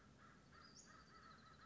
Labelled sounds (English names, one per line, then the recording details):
Western Flycatcher
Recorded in Sonoma County, California